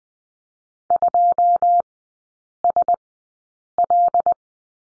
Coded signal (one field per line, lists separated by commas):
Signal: Morse code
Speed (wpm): 20 wpm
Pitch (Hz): 700 Hz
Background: none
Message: 2SL